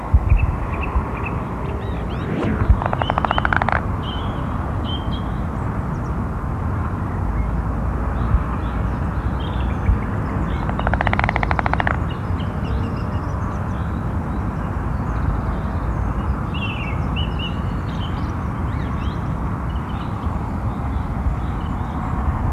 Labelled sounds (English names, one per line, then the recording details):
Common Frog call
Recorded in the wild
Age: adult
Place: Malchower Aue, Berlin, DE
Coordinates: 52.5808, 13.4886
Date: 1990-04-01 19:14
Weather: Wassertemperatur: 15,5°C
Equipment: Riporter 6 RG-K, Halbspur, Sennheiser MKH 416 T
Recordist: Frommolt, Karl-Heinz
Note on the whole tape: Balzrufe